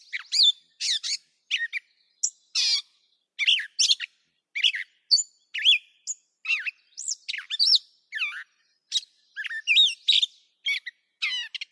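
Catbird song of quick, varied chirps, slurred whistles and harsh notes tumbling one after another in a continuous, irregular stream.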